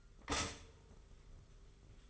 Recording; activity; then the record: daily activity, microphone in the room; stop toaster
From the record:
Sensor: 4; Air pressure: 991.5 hPa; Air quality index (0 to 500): 136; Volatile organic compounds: 53 ppm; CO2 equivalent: 3329 ppm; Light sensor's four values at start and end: 18/58/22/22 and 18/56/21/21